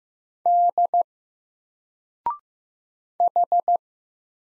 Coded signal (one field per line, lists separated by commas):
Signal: Morse code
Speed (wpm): 15 wpm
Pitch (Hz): 700 Hz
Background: none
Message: D H